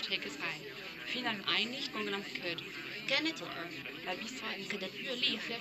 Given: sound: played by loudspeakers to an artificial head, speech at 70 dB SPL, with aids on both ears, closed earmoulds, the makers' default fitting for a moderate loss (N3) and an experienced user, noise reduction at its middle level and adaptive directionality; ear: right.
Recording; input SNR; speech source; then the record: speech test signal (ISTS) in cocktail-party noise; +3 dB; in front (0 degrees)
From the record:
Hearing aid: class 1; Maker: D